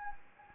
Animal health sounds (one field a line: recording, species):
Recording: mosquito wingbeat signal from an infrared sensor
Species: Anopheles gambiae